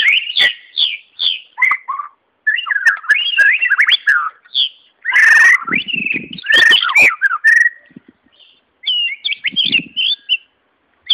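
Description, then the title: White-rumped shama song: varied whistled phrases, rising and falling, mixed with harsh buzzy notes and sharp clicks, broken by short pauses. "murai batu"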